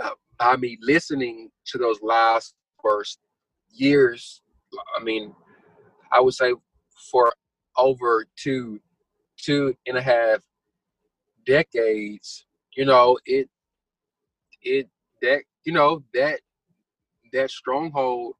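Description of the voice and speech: A man who has stuttered since childhood speaks in short, broken bursts with frequent long silent gaps, some over a second, and stretched sounds. Words and short phrases are repeated ('two... two', 'it... it', 'that... that'), typical of stuttering with repetitions and blocks.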